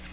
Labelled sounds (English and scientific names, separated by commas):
Nashville Warbler (Leiothlypis ruficapilla) flight call